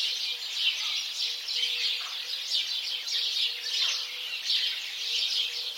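House sparrow flock chattering nonstop, many bright overlapping chirps in waves, over a faint steady low tone that comes and goes.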